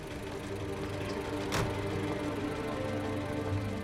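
A car that has just pulled up idles with a steady, low rumbling hum and faint mechanical rattle, broken once midway by a short, sharp burst of noise. No one speaks.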